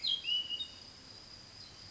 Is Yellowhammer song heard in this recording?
no